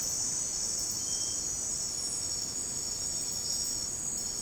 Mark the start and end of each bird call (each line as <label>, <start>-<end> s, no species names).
bird call, 0.99-1.40 s